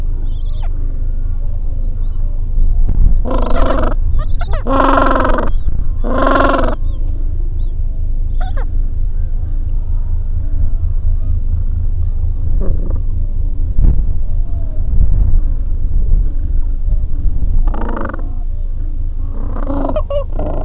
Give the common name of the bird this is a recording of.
Gentoo Penguin